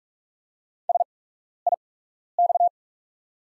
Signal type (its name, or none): Morse code